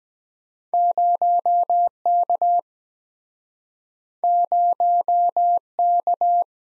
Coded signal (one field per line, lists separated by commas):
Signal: Morse code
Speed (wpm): 23 wpm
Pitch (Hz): 700 Hz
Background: none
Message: 0K 0K